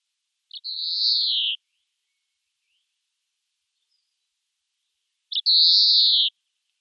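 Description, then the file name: European greenfinch calls: a drawn-out buzzy wheeze that slides slightly downward, repeated once after a long pause. "Chloris chloris"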